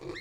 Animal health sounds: pig call; weaner (32 to 43 days)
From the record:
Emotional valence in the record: negative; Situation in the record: long isolation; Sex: female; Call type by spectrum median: low-frequency call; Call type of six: mixed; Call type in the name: high-frequency modulated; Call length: 0.20 s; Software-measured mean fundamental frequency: 344 Hz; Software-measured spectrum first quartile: 342 Hz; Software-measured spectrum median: 839 Hz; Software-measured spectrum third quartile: 2388 Hz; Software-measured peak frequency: 352 Hz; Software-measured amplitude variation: 116 dB a second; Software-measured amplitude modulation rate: 24.4 a second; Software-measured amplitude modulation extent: 4.8 dB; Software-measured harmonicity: 4.4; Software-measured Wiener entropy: -2.18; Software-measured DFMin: 1129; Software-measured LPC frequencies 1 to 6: 397, 1209, 1972, 3667, 4153, 5471 Hz

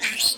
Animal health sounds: pig call; piglet (1 to 25 days)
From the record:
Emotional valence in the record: negative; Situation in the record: restrain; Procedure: sham castration, cut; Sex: male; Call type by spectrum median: high-frequency call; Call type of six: mixed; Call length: 0.38 s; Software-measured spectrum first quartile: 3502 Hz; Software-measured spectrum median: 4650 Hz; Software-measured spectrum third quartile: 8188 Hz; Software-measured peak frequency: 4285 Hz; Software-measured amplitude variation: 164 dB a second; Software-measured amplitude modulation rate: 17.0 a second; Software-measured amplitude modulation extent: 9.7 dB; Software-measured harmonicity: 5.1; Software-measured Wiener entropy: -2.16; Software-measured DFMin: 695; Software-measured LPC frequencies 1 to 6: 1913, 2442, 3310, 4244, 4888, 7185 Hz

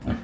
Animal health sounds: pig call; growing-finishing pig (85 days or more)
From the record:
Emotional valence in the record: negative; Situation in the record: barren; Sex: female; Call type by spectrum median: low-frequency call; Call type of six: low-frequency stable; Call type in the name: low-frequency stable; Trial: 3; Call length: 0.24 s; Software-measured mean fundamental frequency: 42 Hz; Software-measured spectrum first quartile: 145 Hz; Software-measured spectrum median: 252 Hz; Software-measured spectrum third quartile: 582 Hz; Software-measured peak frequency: 232 Hz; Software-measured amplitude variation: 163 dB a second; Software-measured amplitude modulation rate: 16.9 a second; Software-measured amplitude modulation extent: 9.7 dB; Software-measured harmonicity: -1.1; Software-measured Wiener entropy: -0.74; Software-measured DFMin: 691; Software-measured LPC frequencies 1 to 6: 1561, 3094, 5353, 6352, 7147, 8654 Hz

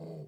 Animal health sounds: pig call; piglet (1 to 25 days)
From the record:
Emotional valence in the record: negative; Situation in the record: short isolation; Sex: female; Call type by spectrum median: low-frequency call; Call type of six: low-frequency stable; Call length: 0.28 s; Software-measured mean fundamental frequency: 79 Hz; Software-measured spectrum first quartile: 160 Hz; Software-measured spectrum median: 289 Hz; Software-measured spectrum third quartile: 506 Hz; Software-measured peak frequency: 160 Hz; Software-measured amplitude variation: 93 dB a second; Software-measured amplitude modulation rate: 25.2 a second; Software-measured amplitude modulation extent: 3.7 dB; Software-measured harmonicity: 2.2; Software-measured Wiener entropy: 0.08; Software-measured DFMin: 659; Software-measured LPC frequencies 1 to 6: 475, 2147, 3051, 4526, 5339, 6788 Hz

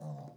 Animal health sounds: pig call; piglet (1 to 25 days)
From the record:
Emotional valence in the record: negative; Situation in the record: short isolation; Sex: female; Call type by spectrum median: low-frequency call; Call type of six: low-frequency stable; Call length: 0.37 s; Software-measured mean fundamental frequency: 73 Hz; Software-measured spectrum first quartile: 151 Hz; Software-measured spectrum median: 245 Hz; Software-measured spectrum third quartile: 674 Hz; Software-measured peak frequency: 148 Hz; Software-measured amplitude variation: 108 dB a second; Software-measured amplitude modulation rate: 24.5 a second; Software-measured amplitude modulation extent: 4.4 dB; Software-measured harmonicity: 2.6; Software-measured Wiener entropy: -0.39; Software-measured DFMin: 1213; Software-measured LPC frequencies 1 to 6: 696, 3862, 4815, 5467, 6291, 7101 Hz

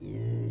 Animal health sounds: pig call; weaner (32 to 43 days)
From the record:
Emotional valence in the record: negative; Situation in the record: novel object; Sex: female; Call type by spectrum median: low-frequency call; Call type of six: low-frequency stable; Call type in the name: low-frequency stable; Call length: 0.51 s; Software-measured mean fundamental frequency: 55 Hz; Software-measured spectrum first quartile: 114 Hz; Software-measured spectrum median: 152 Hz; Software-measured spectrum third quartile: 304 Hz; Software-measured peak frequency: 121 Hz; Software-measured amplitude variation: 77 dB a second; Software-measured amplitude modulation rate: 38.6 a second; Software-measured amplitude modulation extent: 2.0 dB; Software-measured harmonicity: -1.8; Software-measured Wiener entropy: -0.21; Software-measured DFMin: 1557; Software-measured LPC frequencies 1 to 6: 2025, 2908, 6390, 8492, 9257, 10446 Hz

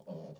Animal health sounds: pig call; piglet (1 to 25 days)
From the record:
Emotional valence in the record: negative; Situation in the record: short isolation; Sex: female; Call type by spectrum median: low-frequency call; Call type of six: low-frequency stable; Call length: 0.40 s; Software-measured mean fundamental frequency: 55 Hz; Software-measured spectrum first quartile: 179 Hz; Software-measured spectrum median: 356 Hz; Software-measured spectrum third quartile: 576 Hz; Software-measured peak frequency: 178 Hz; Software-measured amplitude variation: 183 dB a second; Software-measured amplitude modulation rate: 17.5 a second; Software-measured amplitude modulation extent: 10.4 dB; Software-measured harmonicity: 3.0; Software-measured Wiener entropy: 0.21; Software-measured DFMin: 864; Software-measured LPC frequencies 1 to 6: 560, 3164, 4552, 5450, 6456, 8714 Hz

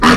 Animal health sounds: pig call; piglet (1 to 25 days)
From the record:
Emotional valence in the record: positive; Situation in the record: reunion after long isolation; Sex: female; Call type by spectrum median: low-frequency call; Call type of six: low-frequency tonal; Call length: 0.17 s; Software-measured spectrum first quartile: 281 Hz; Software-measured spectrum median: 944 Hz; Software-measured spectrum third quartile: 1694 Hz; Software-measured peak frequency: 240 Hz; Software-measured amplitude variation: 76 dB a second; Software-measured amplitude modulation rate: 20.4 a second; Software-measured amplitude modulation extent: 3.7 dB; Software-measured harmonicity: 1.2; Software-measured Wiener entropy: -1.40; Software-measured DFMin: 668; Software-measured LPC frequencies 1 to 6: 1193, 1785, 2872, 4401, 5373, 6839 Hz

